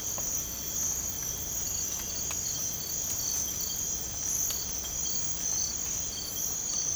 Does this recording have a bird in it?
no